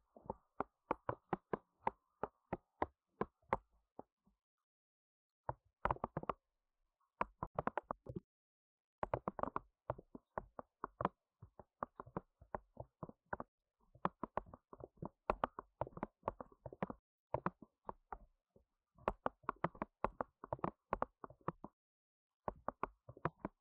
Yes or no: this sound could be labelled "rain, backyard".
no